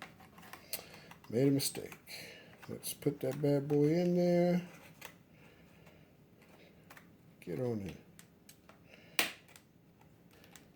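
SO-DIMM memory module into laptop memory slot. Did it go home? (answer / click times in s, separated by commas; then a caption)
yes / 9.2 s. A replacement SO-DIMM laptop memory stick is pushed down into its laptop memory slot while someone talks, with small taps and handling clicks throughout. At 9.2 s a sharp, loud snap is heard as the side retention clips catch on both sides, and the module is seated.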